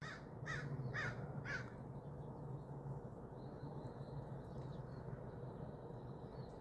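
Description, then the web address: Bird calls: four harsh, cawing bursts in quick succession over the first two seconds, then a faint thin whistle over steady low background rumble. "Tedford Sarah Sounds Birds"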